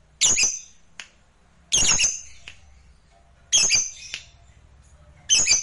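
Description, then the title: Lovebird squawks, harsh high bursts repeated roughly every one and a half to two seconds, with a faint click between them. "Suara Lovebird"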